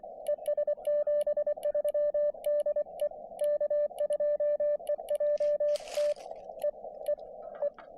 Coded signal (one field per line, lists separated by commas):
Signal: Morse code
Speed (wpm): 24 wpm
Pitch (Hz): 590 Hz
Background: radio noise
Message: ES 73 DE K2EJT E E E